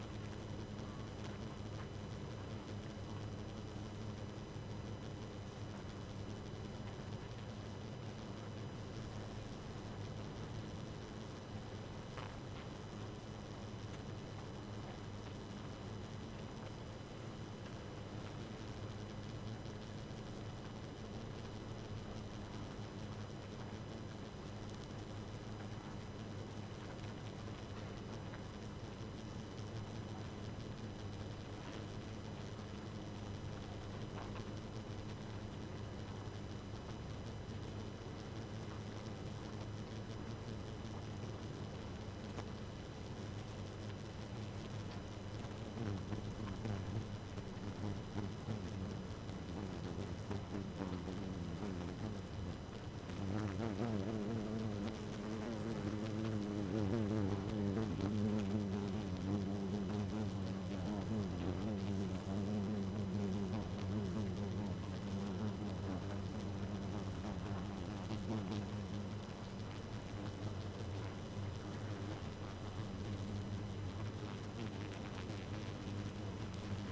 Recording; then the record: honeybee colony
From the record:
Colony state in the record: active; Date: 12 June 2018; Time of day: 2:18